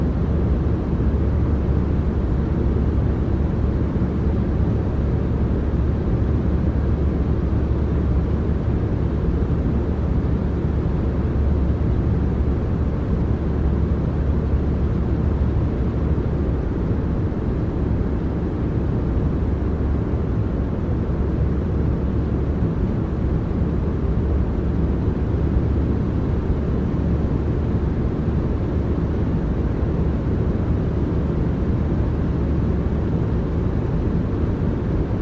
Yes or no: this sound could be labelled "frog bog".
no